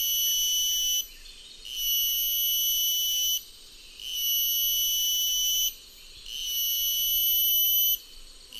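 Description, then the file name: Cicada song of steady, tonal whining bursts about two seconds long, separated by short gaps, with bright overtones and a quiet hiss beneath. "Purana nebulilinea"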